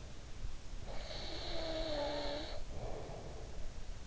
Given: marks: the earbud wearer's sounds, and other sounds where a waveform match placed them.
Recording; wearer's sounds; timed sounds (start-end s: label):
sounds in sleep by an in-ear microphone; snoring breath
0.60-3.91 s: snoring breath